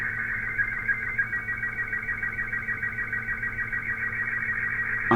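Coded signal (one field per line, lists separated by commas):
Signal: SSTV (slow-scan television)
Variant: Robot 36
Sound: warbling, chirping tones in rapid regular rhythm, like a fast scratchy buzz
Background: mains hum, radio static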